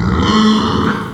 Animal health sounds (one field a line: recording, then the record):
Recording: squeal of a Yucatan mini pig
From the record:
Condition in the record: after surgery on the right vocal fold (resection and tissue-engineered implant)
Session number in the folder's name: 16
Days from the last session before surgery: 183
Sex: female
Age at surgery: 19 weeks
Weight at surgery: 25 kg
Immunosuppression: prednisolone